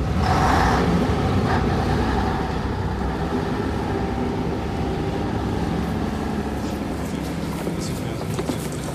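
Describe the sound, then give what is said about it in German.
Large white trucks rumble through a concrete corridor with a ceiling at least 5 meters high, in a steady, loud roar of engine and road noise, with a brief brighter hiss near the start and a continuous low drone throughout. “Breit genug für die großen weißen Laster, denen Pfeiler an den Wänden den Weg wiesen.”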